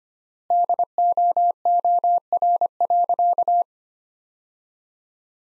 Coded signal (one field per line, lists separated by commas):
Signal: Morse code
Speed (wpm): 25 wpm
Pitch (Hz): 700 Hz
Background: none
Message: DOOR.